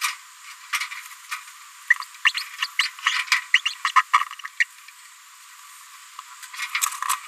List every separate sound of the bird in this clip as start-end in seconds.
2.25-2.33, 2.37-2.42, 2.79-2.88, 3.06-3.14, 3.54-3.61, 3.65-3.73, 3.85-3.91, 3.96-4.02, 4.45-4.47, 4.60-4.63, 6.63-6.66